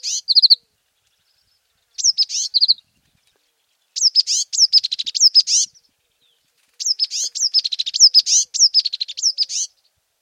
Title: suara burung azura tit